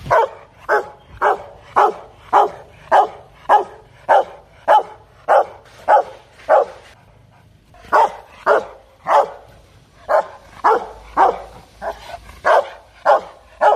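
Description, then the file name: Dog barking, harsh and loud, a steady run of barks roughly every half second with a short pause near the middle. Dog barking fiercely. "Tieng cho sua hung du"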